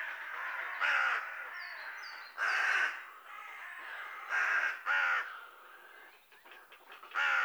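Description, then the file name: Carrion crow giving five harsh caws at wide intervals, two of them close together, with faint high chirps early on. "Corvus corone"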